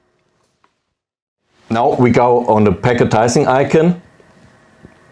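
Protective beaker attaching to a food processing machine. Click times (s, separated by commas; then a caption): 0.6 s. A protective beaker holding a frozen beaker is attached to a Pacojet 4 food processing machine, giving a faint, brief click at 0.6 s as it seats. After a stretch of near silence, someone talks.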